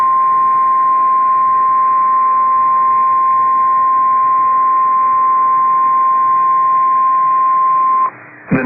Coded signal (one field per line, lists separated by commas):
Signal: Emergency Alert System (SAME) tones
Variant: 1050 Hz attention tone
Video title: Severe Thunderstorm Warning #4 - 08/11/23 (EAS #2,843)